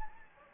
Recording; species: mosquito wingbeat signal from an infrared sensor; Anopheles gambiae